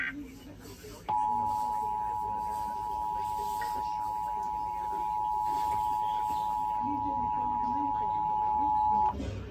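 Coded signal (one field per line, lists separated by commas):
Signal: Emergency Alert System (SAME) tones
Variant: 853 and 960 Hz attention tone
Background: speech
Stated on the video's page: EAS severe thunderstorm warning for Indiana, received on television.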